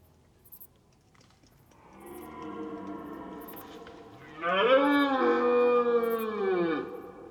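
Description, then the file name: Deer roar, a low rising moan swelling into a long harmonic bellow of about two and a half seconds, then falling away, with faint clicks in the background. "cerfs"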